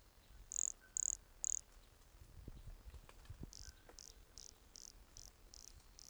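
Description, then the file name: Pumpkin toadlet giving three loud high buzzy notes, then a longer run of seven softer similar notes repeated steadily, with a few low thumps between. Recorded at Entroncamento, Teba, in January 2020, with the animal 20 cm from the microphone. "MHNCI Brachycephalus sulfuratus Entroncamento Teba 20 cm from microphone LFR JAN-2020"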